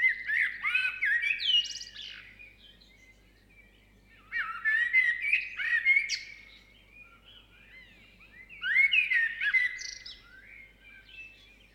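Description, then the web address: Birds sing in three lively bursts of twittering, whistled and chirping notes, with quieter gaps between them. South Seas, at sunrise. "Suedsee vögel bei sonnenaufgang"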